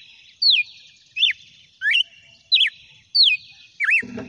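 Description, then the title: Red-cowled cardinal song: a series of bright, slurred whistled phrases, each swooping down or up, repeated about every 0.7 seconds, with a low thump at the end. "Galo De Campina"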